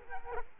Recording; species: mosquito wingbeat signal from an infrared sensor; Culex quinquefasciatus